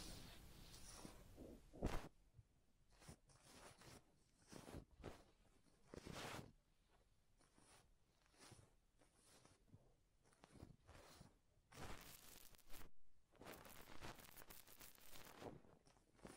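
Head massage and ear cleaning sounds: bursts of rubbing, scratching and crinkling come in quick, irregular strokes, some short, others lasting a second or more. The busiest, brightest stretches fall around 12 and 14–16 seconds, with quieter gaps of soft friction between.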